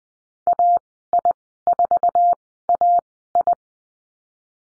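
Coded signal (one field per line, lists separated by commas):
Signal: Morse code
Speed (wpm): 20 wpm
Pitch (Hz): 700 Hz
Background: none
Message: AI4AI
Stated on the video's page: Morse code course lesson on letter C and call signs, Farnsworth speed 20/10 wpm.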